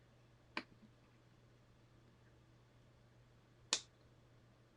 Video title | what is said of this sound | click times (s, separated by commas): Lego Dodge Charger live stream 14 | these have have a nice click in them and uh | 0.6 s, 3.7 s